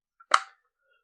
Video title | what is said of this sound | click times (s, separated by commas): 😲 Prestige-a? Panasonic-a? Mixer Grinder Vaangurathukku Munnaadi Idha Paarunga! 👀 #KitchenAppliances | மூடியும் போட்டு ரெண்டுமே போட்டு லாக் பண்ணா மட்டும்தான் இங்க ஒரு கிளிக்ன்னு ஒரு சவுண்ட் வரும். | 0.3 s